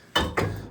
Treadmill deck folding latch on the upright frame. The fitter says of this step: Fold कर दिया है। टक की आवाज आएगी तो ये बंद हो गई है।